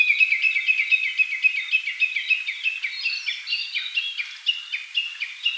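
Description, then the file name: Japanese bush warbler calling in a fast run of clipped, falling high notes, steady then shifting slightly higher in pitch midway, repeated without pause. "Cettia diphone"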